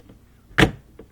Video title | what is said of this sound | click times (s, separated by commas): ✨ Whirlpool Fridge Light Is Dim - Easy DIY fix ✨ | and then it'll lock into place it clicks in | 0.6 s